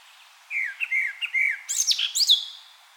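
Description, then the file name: Eurasian blackcap song: a short phrase of mellow, slurred whistles that breaks into a few higher, sharper notes at the end. "Sylvia atricapilla"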